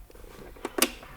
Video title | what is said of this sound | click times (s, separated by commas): Installing the Abacus Easi-Plan Shower Toilet Frame | into position you can hear it click | 0.8 s